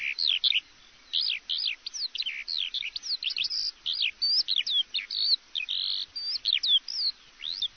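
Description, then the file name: Eurasian skylark song, a rapid run of high sweeping and buzzy notes in short varied phrases with brief pauses. "Alouette des champs"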